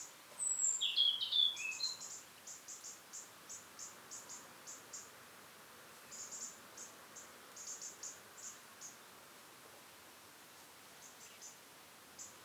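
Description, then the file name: European robin calls: a few high, thin notes sliding down at the start, then short ticking clicks in loose bursts. "Erithacus rubecula"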